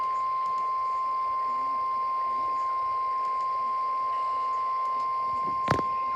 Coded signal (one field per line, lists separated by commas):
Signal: Emergency Alert System (SAME) tones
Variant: 853 and 960 Hz attention tone